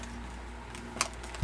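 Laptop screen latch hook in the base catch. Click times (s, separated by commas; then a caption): 1.0 s. Pressing on the closed screen of an old Acer TravelMate 233LC laptop makes its worn, misaligned plastic lid latch hook pop out of the base catch at 1.0 s with a sharp click, without the release being used. A few fainter ticks follow, then a low thump at about 1.4 s. The latch is released because it no longer holds.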